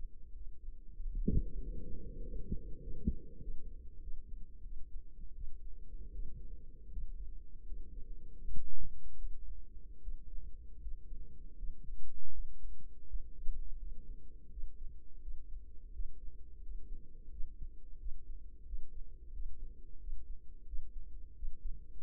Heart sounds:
heart sounds by microphone in the right ear; 86 bpm
0.30 s: heartbeat
0.93 s: heartbeat
1.55 s: heartbeat
2.18 s: heartbeat
2.78 s: heartbeat
3.37 s: heartbeat
3.98 s: heartbeat
4.60 s: heartbeat
5.31 s: heartbeat
6.09 s: heartbeat
6.88 s: heartbeat
7.62 s: heartbeat
8.37 s: heartbeat
9.14 s: heartbeat
9.98 s: heartbeat
10.77 s: heartbeat
11.53 s: heartbeat
12.28 s: heartbeat
13.04 s: heartbeat
13.75 s: heartbeat
14.47 s: heartbeat
15.18 s: heartbeat
15.89 s: heartbeat
16.58 s: heartbeat
17.28 s: heartbeat
17.96 s: heartbeat
18.62 s: heartbeat
19.29 s: heartbeat
19.96 s: heartbeat
20.63 s: heartbeat
21.32 s: heartbeat
22.01 s: heartbeat
From the record:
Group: healthy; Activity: breath hold 0-2 s, rest 2-22 s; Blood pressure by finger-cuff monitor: 120/67 mmHg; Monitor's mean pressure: 86 mmHg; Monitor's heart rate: 84 bpm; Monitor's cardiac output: 6.9 L/min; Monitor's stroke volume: 83 mL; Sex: female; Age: 32 years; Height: 172 cm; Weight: 71.7 kg

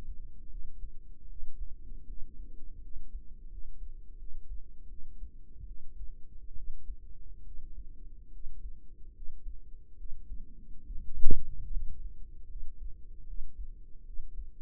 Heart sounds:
heart sounds by microphone in the right ear; 75 bpm
0.50 s: heartbeat
1.28 s: heartbeat
2.06 s: heartbeat
2.81 s: heartbeat
3.49 s: heartbeat
4.17 s: heartbeat
4.88 s: heartbeat
5.66 s: heartbeat
6.54 s: heartbeat
7.43 s: heartbeat
8.30 s: heartbeat
9.13 s: heartbeat
9.96 s: heartbeat
10.82 s: heartbeat
11.69 s: heartbeat
12.47 s: heartbeat
13.25 s: heartbeat
14.03 s: heartbeat
From the record:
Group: healthy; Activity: rest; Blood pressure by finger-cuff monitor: 120/66 mmHg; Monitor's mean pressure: 81 mmHg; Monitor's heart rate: 76 bpm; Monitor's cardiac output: 6.4 L/min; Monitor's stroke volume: 81 mL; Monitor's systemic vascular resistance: 900 dyn s/cm5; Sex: female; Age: 32 years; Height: 168 cm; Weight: 61.9 kg

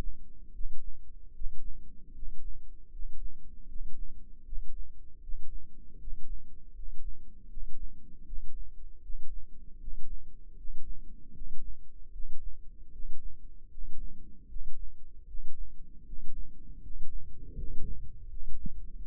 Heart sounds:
heart sounds by microphone in the left ear; 78 bpm
0.51 s: heartbeat
1.32 s: heartbeat
2.12 s: heartbeat
2.89 s: heartbeat
3.66 s: heartbeat
4.43 s: heartbeat
5.19 s: heartbeat
5.97 s: heartbeat
6.72 s: heartbeat
7.47 s: heartbeat
8.24 s: heartbeat
9.00 s: heartbeat
9.78 s: heartbeat
10.54 s: heartbeat
11.32 s: heartbeat
12.10 s: heartbeat
12.90 s: heartbeat
13.68 s: heartbeat
14.47 s: heartbeat
15.25 s: heartbeat
16.03 s: heartbeat
16.80 s: heartbeat
17.54 s: heartbeat
18.27 s: heartbeat
19.00 s: heartbeat
From the record:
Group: healthy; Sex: male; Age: 35 years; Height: 180 cm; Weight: 86.9 kg

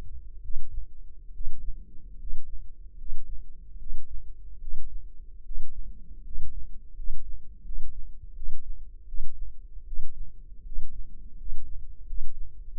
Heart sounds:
heart sounds by microphone in the left ear; 78 bpm
0.42 s: heartbeat
1.33 s: heartbeat
2.18 s: heartbeat
2.96 s: heartbeat
3.78 s: heartbeat
4.59 s: heartbeat
5.43 s: heartbeat
6.23 s: heartbeat
6.94 s: heartbeat
7.63 s: heartbeat
8.34 s: heartbeat
9.06 s: heartbeat
9.85 s: heartbeat
10.64 s: heartbeat
11.36 s: heartbeat
12.05 s: heartbeat
12.71 s: heartbeat
From the record:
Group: healthy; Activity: rest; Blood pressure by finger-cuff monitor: 136/70 mmHg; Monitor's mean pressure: 83 mmHg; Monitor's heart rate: 75 bpm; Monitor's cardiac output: 7.3 L/min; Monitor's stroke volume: 97 mL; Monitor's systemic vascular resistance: 870 dyn s/cm5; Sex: male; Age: 23 years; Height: 179 cm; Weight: 87 kg

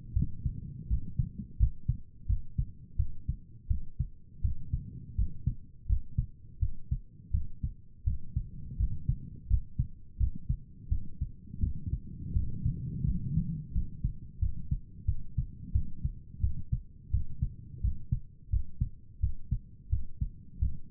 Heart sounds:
heart sounds by stethoscope; 85 bpm
0.15 s: heartbeat
0.89 s: heartbeat
1.58 s: heartbeat
2.28 s: heartbeat
2.98 s: heartbeat
3.69 s: heartbeat
4.43 s: heartbeat
5.17 s: heartbeat
5.88 s: heartbeat
6.60 s: heartbeat
7.32 s: heartbeat
8.05 s: heartbeat
8.78 s: heartbeat
9.49 s: heartbeat
10.19 s: heartbeat
10.90 s: heartbeat
11.61 s: heartbeat
12.34 s: heartbeat
13.06 s: heartbeat
13.74 s: heartbeat
14.41 s: heartbeat
15.07 s: heartbeat
15.73 s: heartbeat
16.42 s: heartbeat
17.12 s: heartbeat
17.82 s: heartbeat
18.51 s: heartbeat
19.21 s: heartbeat
19.91 s: heartbeat
20.60 s: heartbeat
From the record:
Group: healthy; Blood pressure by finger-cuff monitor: 94/53 mmHg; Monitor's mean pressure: 66 mmHg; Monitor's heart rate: 86 bpm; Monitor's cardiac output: 8 L/min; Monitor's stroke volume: 93 mL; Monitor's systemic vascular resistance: 590 dyn s/cm5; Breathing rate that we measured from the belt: 14 breaths a minute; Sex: male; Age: 19 years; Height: 178 cm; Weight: 83 kg

